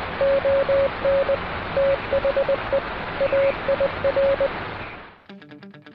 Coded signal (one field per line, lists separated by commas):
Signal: Morse code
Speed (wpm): 20 wpm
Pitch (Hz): 550 Hz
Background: radio noise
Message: ON THE AIR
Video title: But Wait... There's more! at the POTA Activation